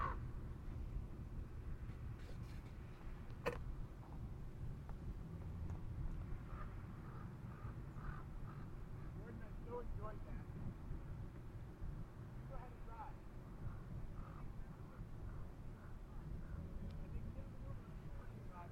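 An outdoor field recording from Manzanita Barren in Montclair, CA, carried by a steady low rumble like passing traffic. Faint chirps and short calls flicker throughout, thickening after ten seconds, with murmur-like voices mixed in and a single sharp click near three and a half seconds.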